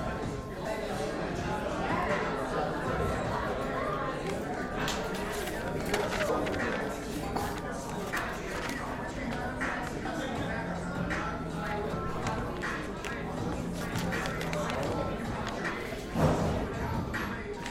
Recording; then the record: background sound without coughing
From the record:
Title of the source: 60 minutes of coffee shop sounds for study and concentration